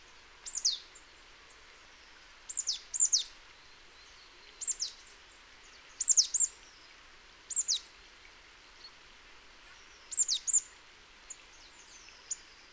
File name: Poecile palustris